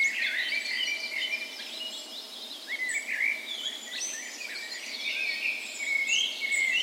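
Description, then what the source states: Bird dawn chorus, busy overlapping high song phrases and twitters. Birds, morning of 17 May, Norway's National Day, spring, park west in Bergen, Norway; recorded with Sony PCM A10 and LOM micro Usi microphones used as tree ears.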